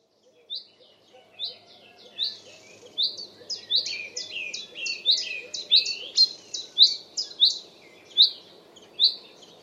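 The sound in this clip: Common chaffinch calls: a busy run of sharp, high chirped notes, some falling in pitch, repeated irregularly and overlapping, growing denser toward the middle before thinning out.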